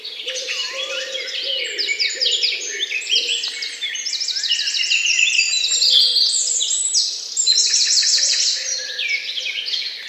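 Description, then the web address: Bird: a chorus of birds chirps and trills quickly in bursts over a faint, low, repeated sound. Morning bird songs. "utrennie pesni ptic"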